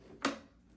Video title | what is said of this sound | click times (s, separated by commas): Seachem Tidal 35 H.O.B. Filter - Unboxing, Assembly, Install, First Impressions | and it's going to snap into place | 0.2 s